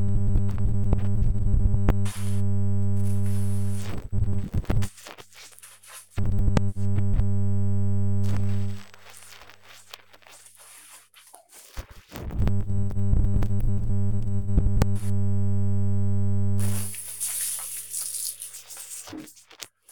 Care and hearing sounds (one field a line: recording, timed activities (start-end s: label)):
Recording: household activities, microphone on the right wrist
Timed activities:
0.00-19.91 s: cleaning bathroom